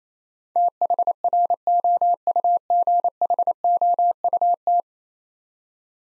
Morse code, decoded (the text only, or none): THROUGHOUT